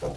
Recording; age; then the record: pig call; piglet (1 to 25 days)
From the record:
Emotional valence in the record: positive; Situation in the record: after nursing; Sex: male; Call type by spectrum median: low-frequency call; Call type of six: low-frequency stable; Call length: 0.17 s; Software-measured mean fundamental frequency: 51 Hz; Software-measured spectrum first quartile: 227 Hz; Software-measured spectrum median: 474 Hz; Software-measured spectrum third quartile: 722 Hz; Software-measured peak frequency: 516 Hz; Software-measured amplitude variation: 90 dB a second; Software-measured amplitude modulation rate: 11.8 a second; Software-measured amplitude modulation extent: 7.6 dB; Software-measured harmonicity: 2.6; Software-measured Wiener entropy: -0.48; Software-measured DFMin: 900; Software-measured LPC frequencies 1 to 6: 523, 3657, 4529, 5588, 6256, 7448 Hz